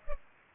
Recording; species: mosquito wingbeat signal from an infrared sensor; Culex pipiens